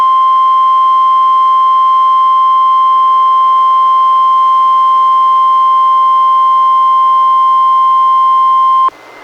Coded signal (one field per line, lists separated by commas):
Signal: Emergency Alert System (SAME) tones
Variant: 1050 Hz attention tone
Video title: EAS #299-304: 6 NWR Required Weekly Tests- Apr. 10-May 15, 2019